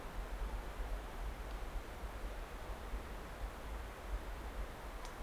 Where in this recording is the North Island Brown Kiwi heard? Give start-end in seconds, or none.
none